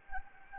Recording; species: mosquito wingbeat signal from an infrared sensor; Anopheles gambiae